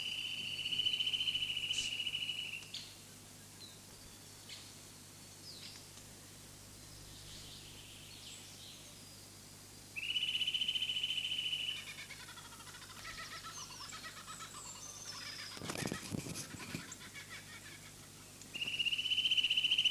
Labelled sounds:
Eurasian Nuthatch (Sitta europaea)
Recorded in the wild
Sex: male
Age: adult
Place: Hermsdorfer Forsten, Berlin, DE
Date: 2006-04-15 13:10
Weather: sunny, ca. 12°C
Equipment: Grundig CR 110, Sennheiser ME 80, Kopie Uher 4000 Report Monitor
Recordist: Tembrock, Günter

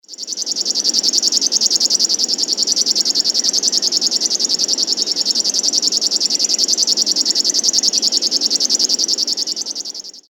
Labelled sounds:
River Warbler (Locustella fluviatilis)
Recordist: Tembrock, Günter
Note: Gesang

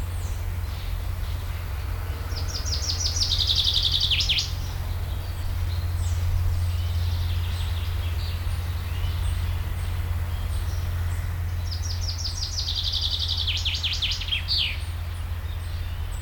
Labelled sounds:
Common Chaffinch (Fringilla coelebs)
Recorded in the wild
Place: Schloßpark Babelsberg, Brandenburg, DE
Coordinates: 52.4, 13.1
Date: 1996-06-07 13:21
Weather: sonnig, 24-30°C
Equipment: Sony MD-WM MZ-R3, Sennheiser MKH 416 T, Kopie Uher 4000 Report Monitor
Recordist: Tembrock, Günter

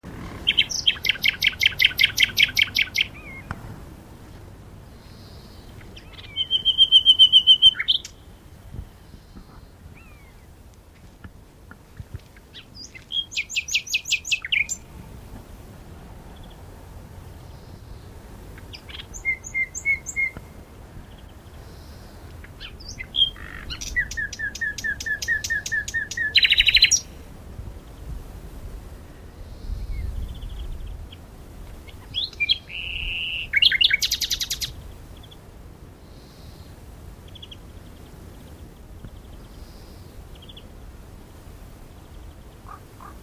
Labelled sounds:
Common Nightingale (Luscinia megarhynchos) song
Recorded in the wild
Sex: male
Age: adult
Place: Berlin, OT Blankenfelde, Berlin, DE
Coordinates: 52.6375, 13.4131
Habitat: bush
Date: 1988-04-30 11:35
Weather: sunny, 16-20°C
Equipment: Nagra SN, Kopie Tesla B 116
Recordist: Tembrock, Günter
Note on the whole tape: Bei den Arkenbergen, ehemalige Kiesgrube. Männchen: Gesang

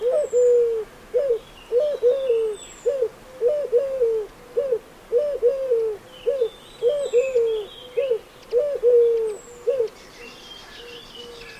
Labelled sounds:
Eurasian Collared Dove (Streptopelia decaocto)
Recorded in the wild
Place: Tiuccia, Corsica, FR
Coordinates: 42.0703, 8.73083
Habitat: urban place
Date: 2011-07-23
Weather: 15°C, sunny, weak winds
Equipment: Fostex FR2-LE, Sennheiser ME66, Popschutz
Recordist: Frommolt, Karl-Heinz

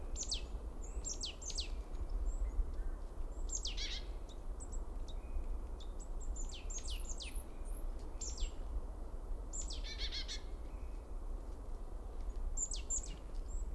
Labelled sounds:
Great Tit (Parus major)
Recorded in the wild
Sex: male
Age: adult
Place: Schönow, Naturpark Barnim, Brandenburg, DE
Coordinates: 52.6897, 13.5381
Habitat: forest
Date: 2005-02-20 13:45
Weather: overcast, 0°C, weak winds
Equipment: Tascam DA-P1, Sennheiser MKH 70 mit Windschutz, ohne Windkorb
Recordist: Frommolt, Karl-Heinz

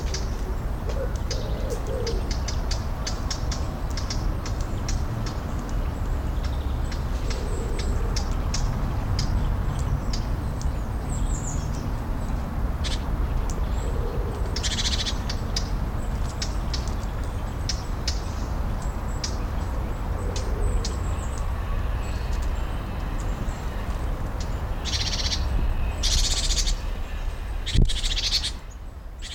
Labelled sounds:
Great Tit (Parus major)
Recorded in the wild
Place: Eutin, Holsteinische Schweiz, Schleswig-Holstein, DE
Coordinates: 54.132, 10.614
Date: 1992-09-12 10:15
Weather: 14-20°C
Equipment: Marantz CP 430, Sennheiser ME 80, Kopie Tesla B 116
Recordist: Tembrock, Günter

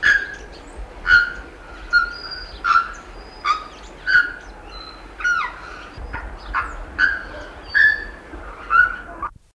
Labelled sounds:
Bare-throated Bellbird (Procnias nudicollis) call
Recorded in captivity
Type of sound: call
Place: Vogelpark Walsrode, Niedersachsen, DE
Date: 1978-08-30
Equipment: Halbspur, 9,5 cm/s
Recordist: Lütgens, Hans
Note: Rufe

